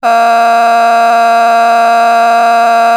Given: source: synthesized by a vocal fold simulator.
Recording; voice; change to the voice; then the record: sustained vowel; female; a random mix of aspiration noise, stiffness perturbation and strain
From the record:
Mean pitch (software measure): 232 Hz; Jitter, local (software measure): 1.30%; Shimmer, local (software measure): 4.3%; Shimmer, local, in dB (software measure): 0.37 dB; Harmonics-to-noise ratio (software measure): 16.6 dB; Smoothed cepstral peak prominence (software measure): 16.5 dB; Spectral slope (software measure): -17.6 dB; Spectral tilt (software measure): -8.1 dB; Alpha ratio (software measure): -8.1 dB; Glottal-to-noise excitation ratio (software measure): 0.964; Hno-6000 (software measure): 1.8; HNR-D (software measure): 37.7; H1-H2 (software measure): -2.7 dB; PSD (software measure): 6.0e-05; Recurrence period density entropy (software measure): 0.118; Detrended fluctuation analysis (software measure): 0.0083